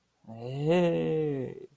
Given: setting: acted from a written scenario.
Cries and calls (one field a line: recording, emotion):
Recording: vocal sound without words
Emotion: serenity